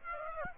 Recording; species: mosquito wingbeat signal from an infrared sensor; Aedes aegypti